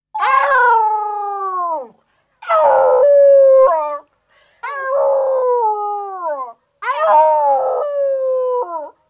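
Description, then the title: Dog whining in four drawn-out, wavering cries, each starting high and sliding downward over about two seconds, separated by short silences. Yelping. "Bruitages Fous. Jankende Hond"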